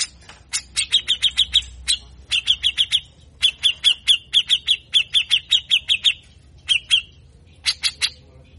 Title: MASTERAN CUCAK JENGGOT GACOR FULL BESETAN KASAR DURASI PANJANG